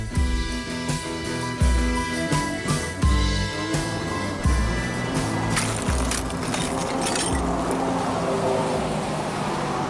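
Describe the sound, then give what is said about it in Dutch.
Car tyres rolling over asphalt ribbed by tank tracks in Kharkiv make a steady run of low rhythmic thumps under a droning engine hum, giving way to a broad, hissing road roar. No one speaks. “Dat zijn autobanden die over een weg rijden, waarvan het asfalt door rupsbanden van tanks is geribbeld.”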